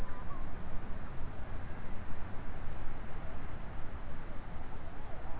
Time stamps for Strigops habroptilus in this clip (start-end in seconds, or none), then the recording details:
none. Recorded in New Zealand. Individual Stumpy